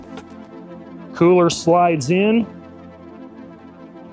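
A cooler is slid onto the raised LinQ quick-attach tabs on the rear deck of a 2024 Sea-Doo Spark Trixx watercraft while someone talks over a steady low background hum. Nothing has seated or clicked yet; the clip ends just before the cooler locks into the LinQ mount.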